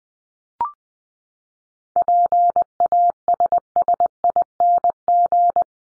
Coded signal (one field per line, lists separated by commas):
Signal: Morse code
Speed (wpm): 19 wpm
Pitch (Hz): 700 Hz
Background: none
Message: PASSING